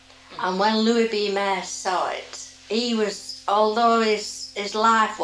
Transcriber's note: none